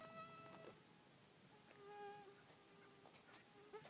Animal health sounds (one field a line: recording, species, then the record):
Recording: mosquito flight sound by mobile phone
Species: Aedes sierrensis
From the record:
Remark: not in a bag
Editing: cut to the mosquito's sound